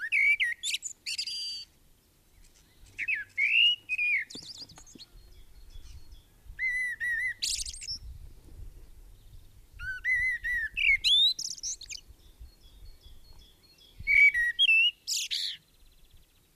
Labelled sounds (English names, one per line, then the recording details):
Common Blackbird song
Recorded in the wild
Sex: male
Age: adult
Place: Garmisch-Partenkirchen, Bayern, DE
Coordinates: 47.4864, 11.08
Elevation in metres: 703
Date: 1967-03-26
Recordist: Tretzel, Erwin